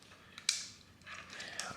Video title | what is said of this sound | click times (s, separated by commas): Surron LBX - TORP controller install - EASY | I heard a click. | 0.5 s